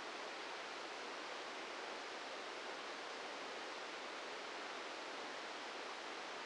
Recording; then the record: brain microelectrode recording played as sound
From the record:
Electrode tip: outside the subthalamic nucleus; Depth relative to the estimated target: 0 mm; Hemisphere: left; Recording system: NeuroSet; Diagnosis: Parkinson's disease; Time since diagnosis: 8 years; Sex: male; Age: 58 years